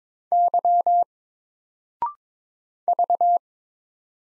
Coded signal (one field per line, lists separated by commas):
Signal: Morse code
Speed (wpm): 22 wpm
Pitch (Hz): 700 Hz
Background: none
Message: Y V